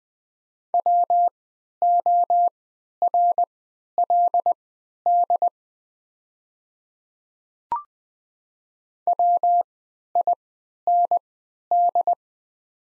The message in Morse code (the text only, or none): WORLD WIND